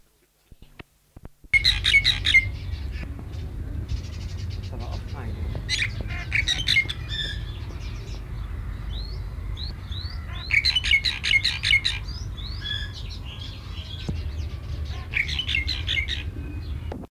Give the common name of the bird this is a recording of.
Vinous-breasted Starling